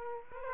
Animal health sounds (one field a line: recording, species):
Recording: mosquito wingbeat signal from an infrared sensor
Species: Aedes aegypti